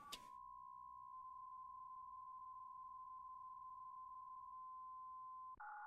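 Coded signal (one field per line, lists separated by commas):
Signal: PSK63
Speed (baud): 62.5 baud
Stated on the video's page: RSGB 3.5 MHz Autumn Series contest, livestreamed.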